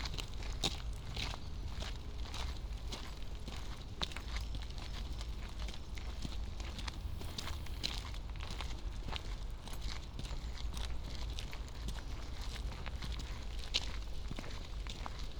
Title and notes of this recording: Walking in University Parks. From the back gate at St Anne’s College, in through North Gate, and along North Walk to Lazenbee’s Ground Walk, in the middle of North Walk.